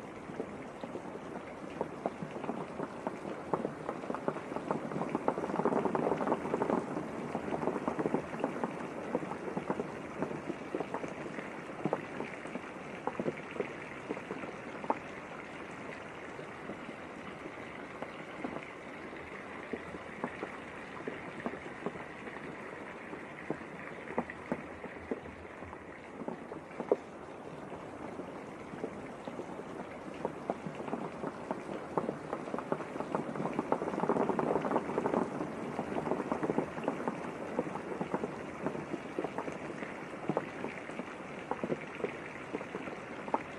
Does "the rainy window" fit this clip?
yes